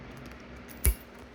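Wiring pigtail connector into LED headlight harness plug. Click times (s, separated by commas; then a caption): 0.9 s. The blue and black end of a wiring pigtail for a Vette Lights LED headlight install on a 2001 Chevrolet Corvette C5 is pushed into its mating plastic connector on the LED headlight harness. A single sharp, bright click at 0.9 s stands out against a quiet, steady background as the connector snaps into place and seats.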